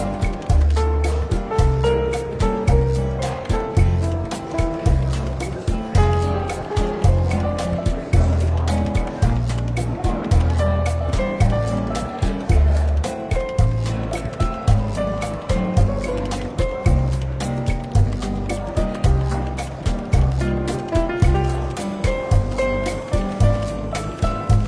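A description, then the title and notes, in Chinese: Soft, easygoing jazz plays steadily in a bookstore café, a regular thumping bass line under light melodies, with faint chatter and bustle throughout. 伦敦书店咖啡馆轻微喧闹氛围与柔和轻松的爵士背景音乐。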